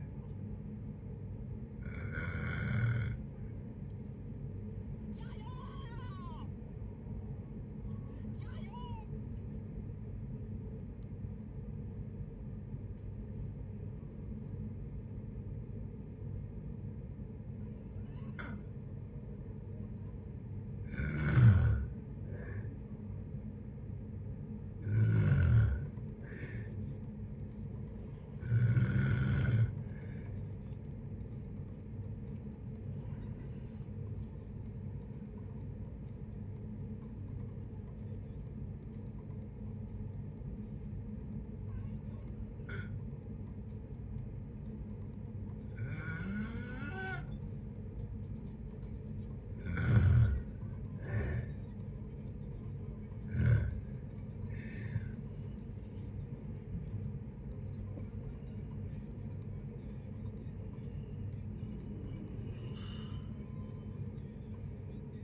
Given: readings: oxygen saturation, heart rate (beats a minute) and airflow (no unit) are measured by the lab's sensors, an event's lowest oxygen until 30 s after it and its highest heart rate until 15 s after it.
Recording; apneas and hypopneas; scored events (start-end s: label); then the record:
a person awake in a sleep study, by a smartphone at the bedside; none
0.00-65.24 s: awake
0.00-65.24 s: awake
From the record:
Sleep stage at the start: awake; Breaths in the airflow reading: 21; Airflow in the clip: -0.6 to 0.7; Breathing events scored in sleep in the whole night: 496 in 5.4 hours asleep